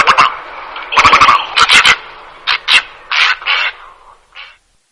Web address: chants Aigrette garzette